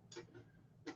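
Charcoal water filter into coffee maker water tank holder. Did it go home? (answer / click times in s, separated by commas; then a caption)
yes / 0.1 s. A charcoal water filter is fitted into its small holder at the bottom of a coffee maker's plastic water tank. It snaps into place with a short tick at 0.1 s, and another brief tick follows near 0.9 s. The filter is seated.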